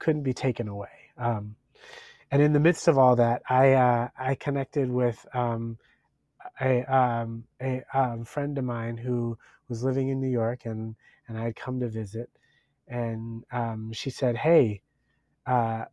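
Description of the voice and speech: Adult male who has stuttered all his life narrating with drawn-out vowel prolongations, 'um' fillers and long pauses before words, typical of stuttering.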